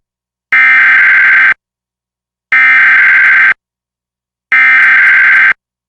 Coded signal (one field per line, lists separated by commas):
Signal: Emergency Alert System (SAME) tones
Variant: header bursts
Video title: EAS #640: EAS Required Monthly Test- June 7, 2022- 9:50PM PDT